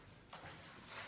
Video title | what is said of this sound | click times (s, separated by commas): Vlog de chantier #30 | ça se clipse bien. | 0.3 s